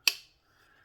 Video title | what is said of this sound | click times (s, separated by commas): TWOSUN TS373 TITANIUM G-10 D2, IMPOSING and THREATENING, BIG TIME ACTION, and SELF DEFENSE CAPABLE. | nice little click coming home | 0.1 s